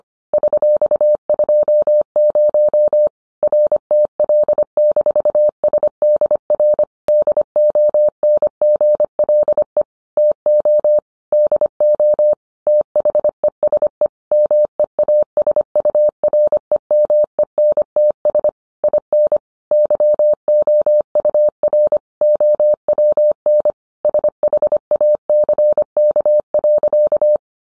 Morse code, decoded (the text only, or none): $20 RTL-SDR DONGLE TO DO THESE MEASUREMENTS IN YOUR OWN SHACK.